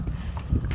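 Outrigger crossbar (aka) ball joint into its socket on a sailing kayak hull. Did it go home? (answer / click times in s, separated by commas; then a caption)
no / none. While afloat on a sailing kayak, with a rope tied around its outboard end, the black outrigger crossbar (aka) is pushed so its ball joint goes back into its socket on the hull; a steady low rumble runs under brief knocks at about 0.4, 0.7 and 0.8 seconds, with a broad hiss rising near the end. Nothing has snapped or seated yet: the arm won't go all the way in, possibly because it got cockeyed or bent.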